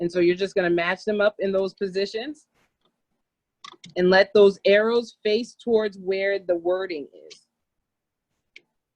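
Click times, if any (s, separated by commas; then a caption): 8.6 s. Someone talks while the first plastic sublimation ink cartridge, lined up with its arrow facing toward the printed wording, is pushed into the cartridge bay of an Epson 7720 inkjet printer being converted to sublimation. After a pause in the talking, a single short sharp click is heard at 8.6 s as the cartridge seats home in its holder.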